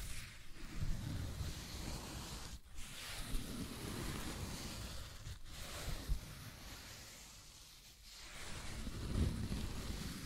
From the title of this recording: Scratching and Tracing Sounds